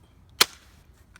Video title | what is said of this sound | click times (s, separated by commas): Gainesville Lawnscaping - Training Video - Basic Usage of Equipment | You want to hear that click when you put that cap back on, and then give this a nice little pull. | 0.4 s